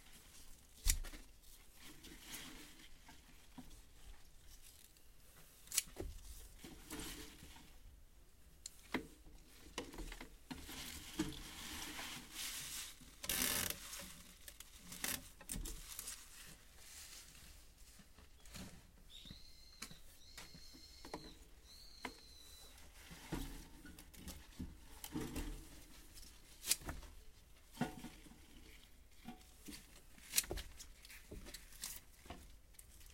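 Harvested mizukake greens are weighed and taped into bundles, with steady rustling, sharp clicks and taps, and brief high squeaks around twenty seconds.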